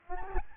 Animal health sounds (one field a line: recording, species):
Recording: mosquito wingbeat signal from an infrared sensor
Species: Aedes albopictus